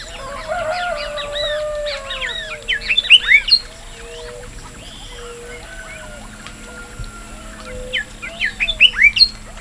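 Bird: bright, rapid chirps in dense flurries at the start and end, over repeated low gliding whistles.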